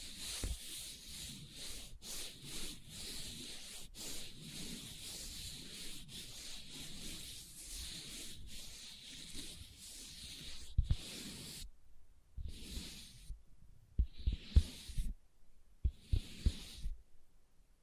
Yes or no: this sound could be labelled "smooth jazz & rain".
no